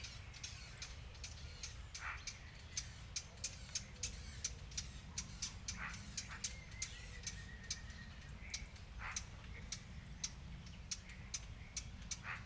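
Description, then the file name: Eurasian blackcap calling with sharp tacking clicks in a long irregular series, a low hum underneath and occasional soft chirps from another bird. "Sylvia atricapilla"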